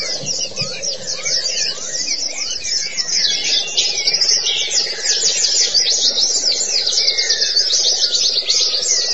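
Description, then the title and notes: White-eye twittering song, rapid high chirps and trills pouring out nonstop, with a low steady buzzing hum running underneath the whole time. Long-duration white-eye chirping song. "Kicauan Burung Pleci Durasi Panjang. Suara kicauan burung pleci"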